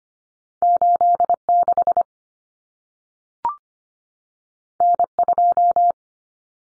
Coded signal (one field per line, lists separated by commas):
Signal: Morse code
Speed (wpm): 25 wpm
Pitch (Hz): 700 Hz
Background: none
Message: 86 N2